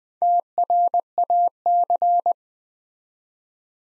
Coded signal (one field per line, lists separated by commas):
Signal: Morse code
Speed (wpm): 20 wpm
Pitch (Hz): 700 Hz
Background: none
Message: TRAC